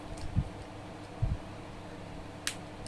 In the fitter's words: hear the click sound.